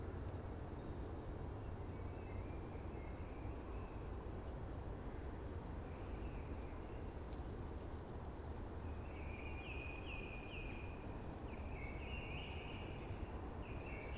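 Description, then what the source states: Eurasian blackbird song, thin warbled phrases near the end, nearly buried under a steady low rushing of wind in trees. Singing early, amongst conifers hushing in the background.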